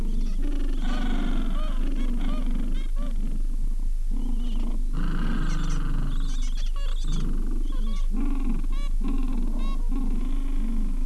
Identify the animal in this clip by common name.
Gentoo Penguin